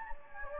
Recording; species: mosquito wingbeat signal from an infrared sensor; Anopheles gambiae